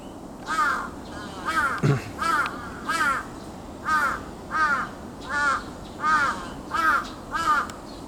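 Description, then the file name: Large-billed crow cawing about eleven times, harsh nasal notes spaced fairly evenly with a brief pause in the middle, over faint background rumble. "hasibutogarasu"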